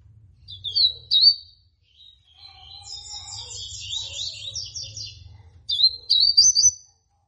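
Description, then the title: Rusty-collared Seedeater: high whistled song of a rusty-collared seedeater: a short loud phrase, then a long softer twittering run, then another bright slurred phrase, with low background hum. Female bird; song in the tui tui style. "COLEIRO DE GOLA TUI TUI FIBRA"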